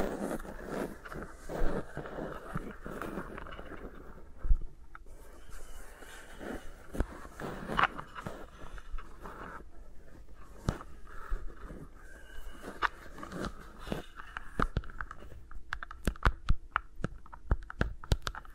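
Fingers move around the microphones, making soft scratchy rustling under a steady run of irregular taps and clicks. Sharper knocks stand out now and then, around the two-, five-, eight- and sixteen-second marks. No voice is heard.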